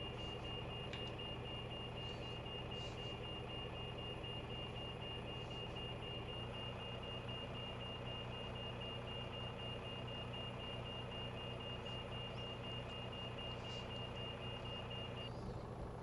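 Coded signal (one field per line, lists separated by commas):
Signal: none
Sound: pushback tug reversing beeps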